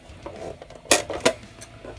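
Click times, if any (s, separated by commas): 0.9 s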